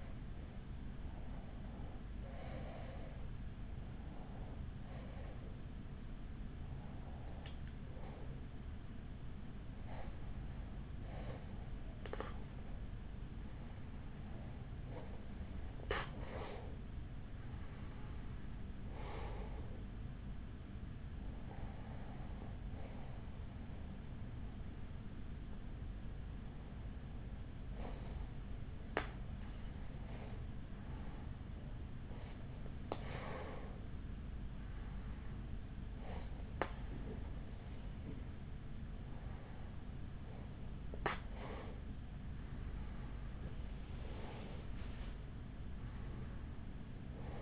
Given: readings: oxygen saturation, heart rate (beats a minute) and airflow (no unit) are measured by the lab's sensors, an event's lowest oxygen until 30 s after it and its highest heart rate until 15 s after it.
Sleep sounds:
breathing in sleep by a smartphone at the bedside; none
none scored
From the record:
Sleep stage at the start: N1 (lightest sleep); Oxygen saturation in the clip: 93 to 96%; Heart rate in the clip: 46 to 57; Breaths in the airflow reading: 12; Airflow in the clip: -6.4 to 5.6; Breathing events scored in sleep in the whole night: 207 in 7.6 hours asleep

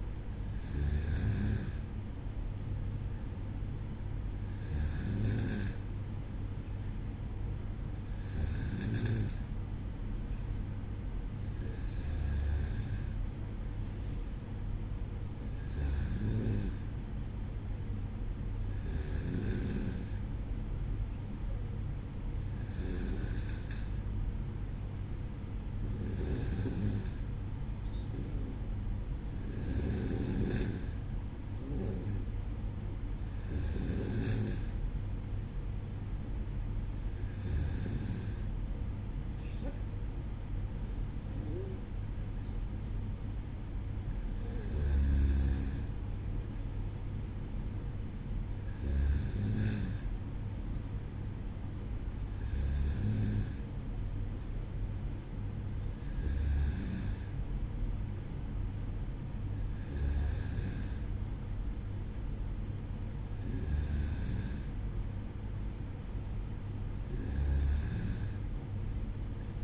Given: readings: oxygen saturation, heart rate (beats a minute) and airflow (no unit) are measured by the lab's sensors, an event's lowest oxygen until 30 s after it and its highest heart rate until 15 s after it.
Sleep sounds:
breathing in sleep by a smartphone at the bedside; none
none scored
From the record:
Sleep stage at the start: N2 (light sleep); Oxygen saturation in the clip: 93 to 94%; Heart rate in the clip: 55 to 57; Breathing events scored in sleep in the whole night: 305 in 9.6 hours asleep

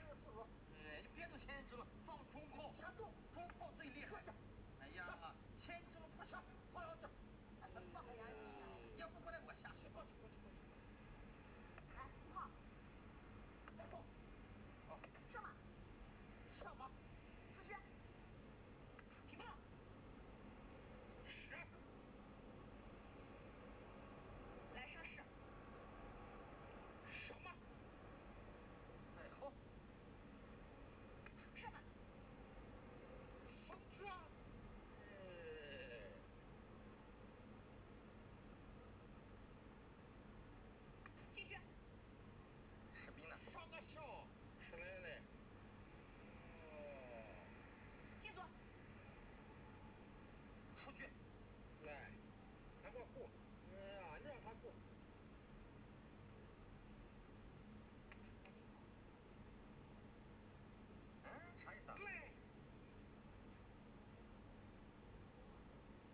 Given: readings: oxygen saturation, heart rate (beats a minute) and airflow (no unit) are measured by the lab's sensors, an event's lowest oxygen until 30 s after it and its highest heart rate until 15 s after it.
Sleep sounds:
a person awake in a sleep study, by a voice recorder at the bedside; none
0.00-66.14 s: awake
From the record:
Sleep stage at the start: awake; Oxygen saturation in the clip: 94 to 96%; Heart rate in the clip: 73 to 78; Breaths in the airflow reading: 17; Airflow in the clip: -4.2 to 5.6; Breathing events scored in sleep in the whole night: 131 in 7.2 hours asleep

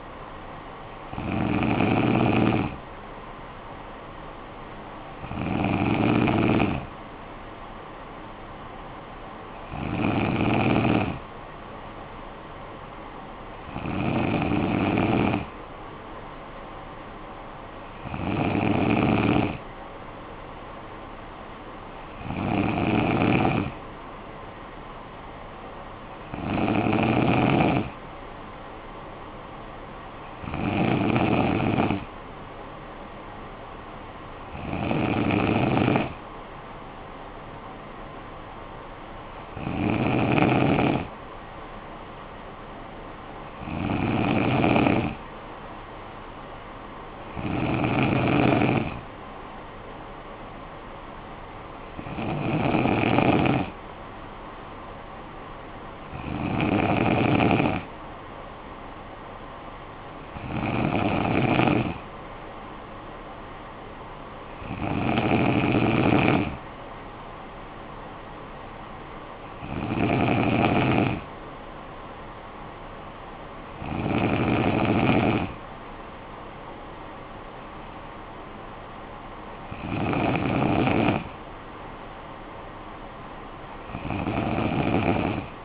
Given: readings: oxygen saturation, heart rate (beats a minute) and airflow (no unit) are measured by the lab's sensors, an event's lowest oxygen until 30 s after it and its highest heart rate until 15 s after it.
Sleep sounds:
breathing in sleep by a voice recorder at the bedside; none
none scored
From the record:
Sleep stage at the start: N2 (light sleep); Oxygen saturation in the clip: 93 to 94%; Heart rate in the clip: 54 to 61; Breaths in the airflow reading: 21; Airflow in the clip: -9.3 to 6.4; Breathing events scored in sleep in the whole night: 445 in 7.6 hours asleep

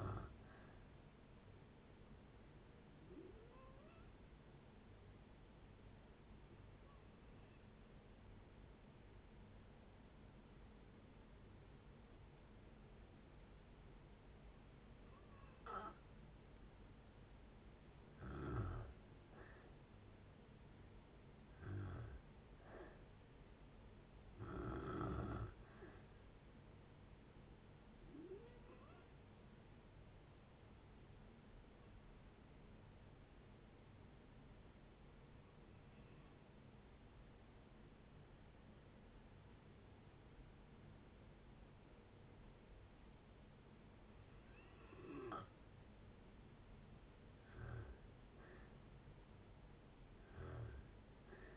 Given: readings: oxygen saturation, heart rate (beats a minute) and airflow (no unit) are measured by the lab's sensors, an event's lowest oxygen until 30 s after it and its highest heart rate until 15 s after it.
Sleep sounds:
breathing in sleep by a voice recorder at the bedside; 2
3.00-19.90 s: hypopnea (N2, oxygen 94% highest, then 88% lowest, heart rate 69 at the start, 73 highest)
32.00-45.80 s: hypopnea (N2, oxygen 95% highest, then 86% lowest, heart rate 68 at the start, 71 highest)
47.00-51.57 s: new sleep stage, N1 (lightest sleep)
From the record:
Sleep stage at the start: N2 (light sleep); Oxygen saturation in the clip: 88 to 95%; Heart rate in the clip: 59 to 73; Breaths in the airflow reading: 13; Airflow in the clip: -7.5 to 7.6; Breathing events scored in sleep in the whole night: 496 in 5.4 hours asleep

